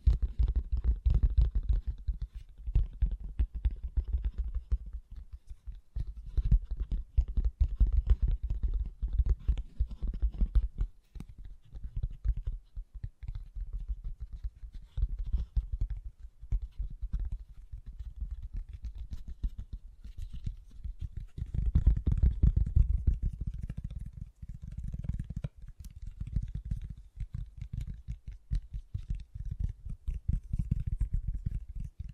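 Fast, gentle tapping runs nearly nonstop, a dense patter of soft, low, muffled hits with little brightness. It stays busy throughout, thinning slightly around 11 to 20 seconds, then swelling into a fuller, heavier stretch near 22 seconds before settling again.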